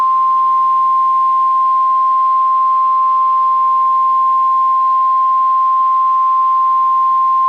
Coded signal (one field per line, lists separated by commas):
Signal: Emergency Alert System (SAME) tones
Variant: 1050 Hz attention tone